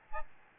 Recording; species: mosquito wingbeat signal from an infrared sensor; Aedes albopictus